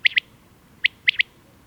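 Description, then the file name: Common quail song: crisp, clipped notes, a fast pair and then a full three, one note then a fast pair, all in under two seconds. "common-quail coturnix coturnix"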